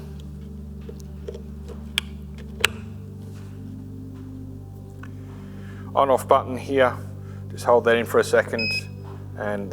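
A battery pack is unlatched with its rear release lever and lifted out of a Godox AD1200 portable studio flash unit, back end first and then the front. Two sharp plastic knocks ring out at 2.0 s and 2.6 s over a steady low hum, and someone talks afterward. The battery pack comes free and is removed.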